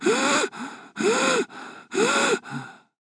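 Three loud, whistling in-breaths rising and falling in pitch, each followed by a softer out-breath: multiple acted wheezes from a middle-aged man.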